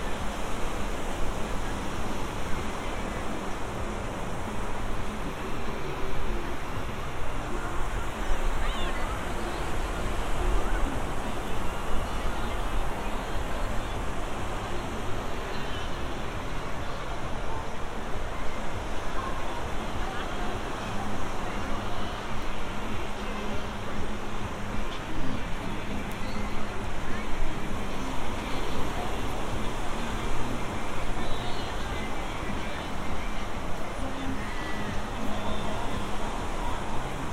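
On the Santa Monica Pier by the bumper cars and roller coasters, a dense, unbroken din of voices and rumbling machinery holds a steady level throughout. Low humming tones drift in and out beneath it, with a soft hiss like surf or wind.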